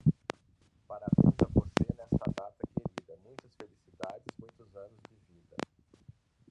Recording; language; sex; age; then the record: short text; Brazilian Portuguese; male; 50 to 59 years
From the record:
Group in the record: control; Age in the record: 55 years